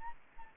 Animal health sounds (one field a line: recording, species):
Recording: mosquito wingbeat signal from an infrared sensor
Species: Aedes aegypti